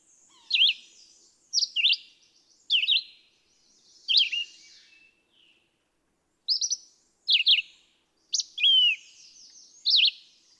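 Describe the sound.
Red-eyed vireo song of terse, slurred whistled phrases, some rising and some falling, spaced roughly a second apart with one longer pause midway.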